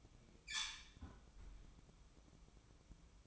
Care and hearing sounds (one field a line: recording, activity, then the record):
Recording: daily activity, microphone in the room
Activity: close fridge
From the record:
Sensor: 1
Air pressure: 1007.8 hPa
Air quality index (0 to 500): 85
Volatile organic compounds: 1 ppm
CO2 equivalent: 729 ppm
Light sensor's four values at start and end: 13/30/12/14 and 13/31/12/14